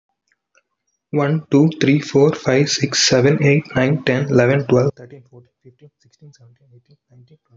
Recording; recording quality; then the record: counting at a fast pace; excellent, no background noise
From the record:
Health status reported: healthy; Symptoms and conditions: none ticked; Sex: male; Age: 30 years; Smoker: not ticked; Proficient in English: yes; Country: India